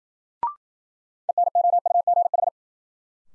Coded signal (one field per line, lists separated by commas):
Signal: Morse code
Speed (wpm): 54 wpm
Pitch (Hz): 700 Hz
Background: none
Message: ENOUGH